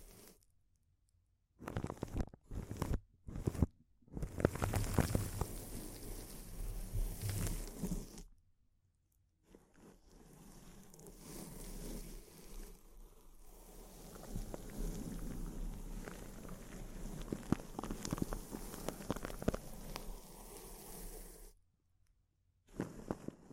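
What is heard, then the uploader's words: Intense close-up crinkles: dense, crackling rustle with a low rumble underneath, broken by silent gaps. A few short bursts open the first seconds, then a long busy stretch runs to about 8 seconds, a pause, and steady crinkling from 10 to 22 seconds. ASMR Intense Close-Up Crinkles (No Talking).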